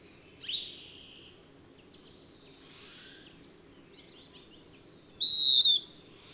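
Bird song: high chirping phrases and a thin drawn-out whistle, ending in one loud bright downslurred note, with a low steady background hum.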